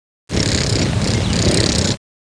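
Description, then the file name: Ring-tailed lemur purring: one steady, rough, throbbing burst under two seconds long, broad and noisy with a low pulsing rumble. "Lemur catta--purr"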